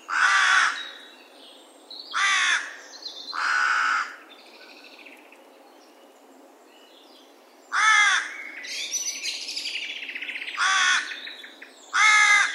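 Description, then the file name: Carrion crow repeating hoarse caws at irregular intervals, while small birds chirp between them. "Corvus corone"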